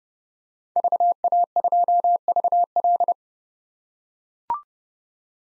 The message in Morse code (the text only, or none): VA2VL